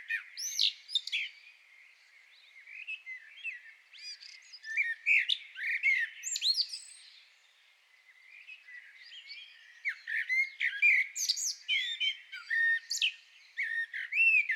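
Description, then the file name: Common blackbird singing two bursts of varied fluted phrases laced with high squeaky flourishes, separated by a brief lull of softer notes. "Turdus merula"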